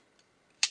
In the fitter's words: snaps into place and you have two levers